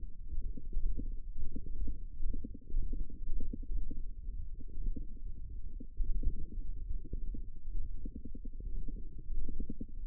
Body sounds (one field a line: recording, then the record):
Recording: forearm muscle sounds (acoustic myography)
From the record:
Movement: radial deviation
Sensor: system 1, eight BSWA MPA416 microphones around the upper forearm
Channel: 8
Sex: female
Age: 22 years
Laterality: right